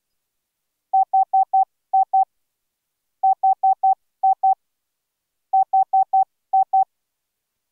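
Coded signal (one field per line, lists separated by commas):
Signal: none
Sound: synthesizer music notes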